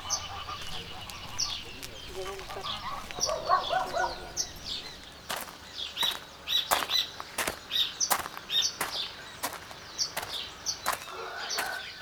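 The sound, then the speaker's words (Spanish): A flock of birds at a roosting site near Laguna de Rocha chirps and calls over one another in a busy, overlapping chorus of high tweets, broken by sharp rustling taps and fluttering bursts. “Para mí, sobre todo en esta zona, algunos de los lugares que son los dormideros de las aves, que están aquí cerca, que son sonidos característicos que todos los días, de todos los días que uno lo está escuchando y que son llamativos”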